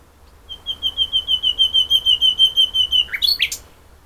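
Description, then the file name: Common nightingale song: a quick string of pure whistled notes on one pitch, growing louder, ending in a short tumbling flourish. "Luscinia megarhynchos"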